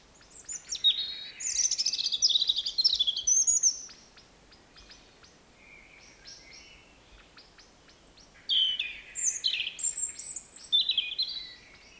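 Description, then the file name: European robin singing two long, high, sweet phrases of tumbling warbles and thin whistles, separated by a pause of several seconds. "Erithacus rubecula"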